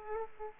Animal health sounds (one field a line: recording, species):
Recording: mosquito wingbeat signal from an infrared sensor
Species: Aedes aegypti